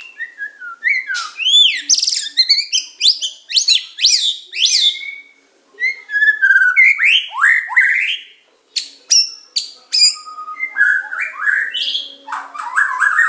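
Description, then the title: Oriental magpie-robin song: lively bursts of sharp, sweeping whistles and chattering notes, separated by brief pauses, with lower slurred phrases near the end. "Kicau Kacer"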